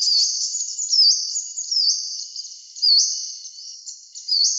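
Varied sittella calls, a steady stream of thin high chattering notes with short rising and falling slurs.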